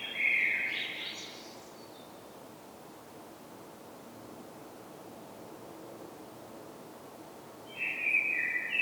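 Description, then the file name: Common blackbird song: a short fluted phrase ending in a rising squeaky twitter, then quiet hiss before another warbled phrase begins near the end. "Turdus merula"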